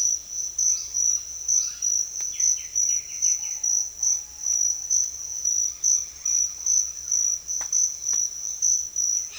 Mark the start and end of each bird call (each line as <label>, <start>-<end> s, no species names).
bird call, 0.72-1.06 s
bird call, 1.50-1.92 s
bird call, 2.22-4.77 s